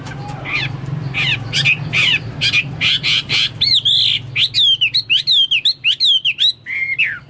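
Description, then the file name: Chinese hwamei song building from harsh, buzzy notes into loud, clear, repeated whistles that swoop down sharply. "omkicau hwamei"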